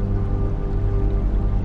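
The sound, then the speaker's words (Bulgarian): Gently flowing stream water on an island runs down a small waterfall, making a steady, continuous burble at an even, moderate level, with a low rumbling undertone and no voices. “Когато наближите потока, забелязвате малък водопад.”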